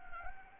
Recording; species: mosquito wingbeat signal from an infrared sensor; Anopheles gambiae